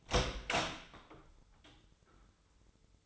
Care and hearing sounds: daily activity, microphone in the room; open door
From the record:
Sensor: 3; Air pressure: 996.1 hPa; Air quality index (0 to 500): 63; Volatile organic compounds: 3 ppm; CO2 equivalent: 1460 ppm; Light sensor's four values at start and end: 14/33/14/14 and 14/33/14/14

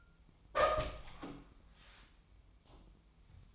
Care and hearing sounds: daily activity, microphone in the room; open door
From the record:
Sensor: 1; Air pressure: 1004.9 hPa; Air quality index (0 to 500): 78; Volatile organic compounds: 2 ppm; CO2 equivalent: 1051 ppm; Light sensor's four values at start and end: 9/23/9/10 and 9/23/9/10

